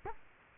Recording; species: mosquito wingbeat signal from an infrared sensor; Culex quinquefasciatus